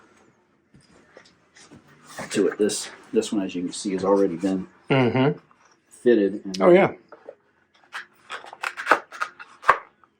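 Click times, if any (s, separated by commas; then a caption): 9.7 s. A handmade knife is pushed into a leather sheath wet-formed to its shape, while someone talks. A series of short sliding and rubbing sounds builds toward a sharp snap at 9.7 s, as the leather clicks and the knife seats in the fitted sheath, not plastic, just the leather seating down.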